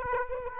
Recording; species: mosquito wingbeat signal from an infrared sensor; Aedes aegypti